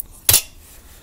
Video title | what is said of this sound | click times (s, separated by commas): doin' the Valve job thing ; gotta NEWAY system , easy to face & seat .....B&S 10hp flathead | that Hollow sound means it's seating | 0.3 s